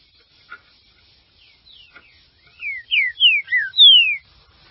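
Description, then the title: Green-winged saltator song: a phrase of five loud, clear whistled notes, each sliding downward, closing with a longer descending whistle, after faint softer notes. "Trinca Ferro"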